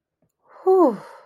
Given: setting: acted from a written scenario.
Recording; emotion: vocal sound without words; contentment